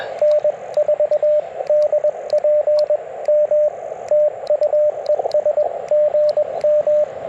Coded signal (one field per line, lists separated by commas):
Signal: Morse code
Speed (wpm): 21 wpm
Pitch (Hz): 600 Hz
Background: radio noise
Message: N4DPM TU ES GM